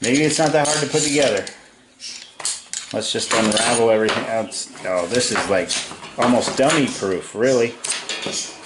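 While unpacking and assembling a new piece of camping gear, someone handles sections of its metal frame, working a frame pole section toward its connecting joint as they talk. Brief sharp metallic clinks sound around 2.4 s and 2.8 s during a pause in the talking. Nothing has seated or clicked into place yet.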